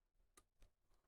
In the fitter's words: they just kind of Click into place now some people have sockets for their their cherry switches on on their boards